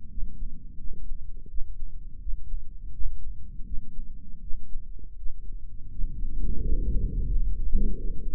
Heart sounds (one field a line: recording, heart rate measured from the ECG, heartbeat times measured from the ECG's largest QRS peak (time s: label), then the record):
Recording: heart sounds by microphone in the right ear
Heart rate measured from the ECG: 84 bpm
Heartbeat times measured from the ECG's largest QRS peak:
0.09 s: heartbeat
0.78 s: heartbeat
1.48 s: heartbeat
2.20 s: heartbeat
2.92 s: heartbeat
3.65 s: heartbeat
4.41 s: heartbeat
5.16 s: heartbeat
5.90 s: heartbeat
6.62 s: heartbeat
7.29 s: heartbeat
7.96 s: heartbeat
From the record:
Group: healthy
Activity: rest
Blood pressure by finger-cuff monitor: 179/93 mmHg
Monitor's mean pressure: 112 mmHg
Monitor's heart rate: 83 bpm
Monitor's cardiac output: 8.3 L/min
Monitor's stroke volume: 100 mL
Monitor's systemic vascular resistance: 1000 dyn s/cm5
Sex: male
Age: 57 years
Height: 188 cm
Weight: 106 kg